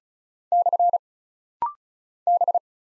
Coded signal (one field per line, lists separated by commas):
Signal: Morse code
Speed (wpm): 36 wpm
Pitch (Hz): 700 Hz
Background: none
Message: / B